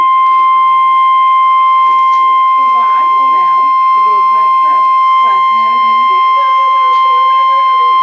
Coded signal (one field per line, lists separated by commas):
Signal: Emergency Alert System (SAME) tones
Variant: 1050 Hz attention tone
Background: speech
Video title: Tornado Warning (EAS #86)